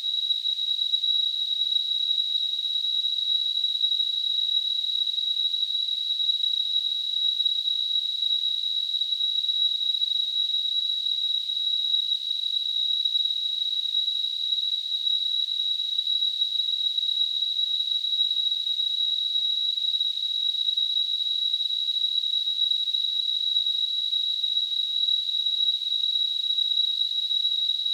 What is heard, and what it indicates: Tinnitus.